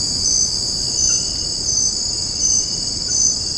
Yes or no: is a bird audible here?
no